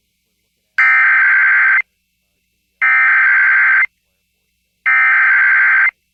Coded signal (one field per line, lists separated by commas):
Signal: Emergency Alert System (SAME) tones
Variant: header bursts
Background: speech